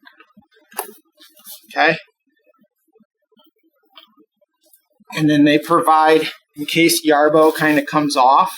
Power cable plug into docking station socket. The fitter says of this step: so this just goes in clicks into